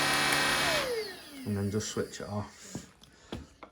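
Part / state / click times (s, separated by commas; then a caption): plastic vacuum part (likely the bendable wand joint) on a cordless stick vacuum / seated / 3.6 s. A Shark cordless stick vacuum with anti hair wrap hums and then winds down with a falling whine as it is switched off, while someone talks. A plastic part of the vacuum, likely the bendable wand joint, is fitted back into position with a short series of ratchet-like clicks. It clicks into place at 3.6 s and is seated.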